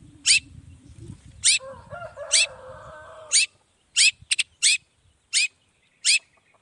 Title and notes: Cendet Gacor Dor Di Kala Pagi Toet Toet Variasi Suara. Burung cendet